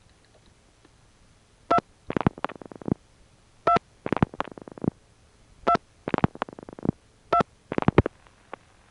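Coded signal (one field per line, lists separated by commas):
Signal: DTMF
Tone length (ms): 80 ms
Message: 2 2 2 2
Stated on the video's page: Multi-frequency trunk signalling on a call from NYC to a senderized step-by-step office in Chester NY, 1977.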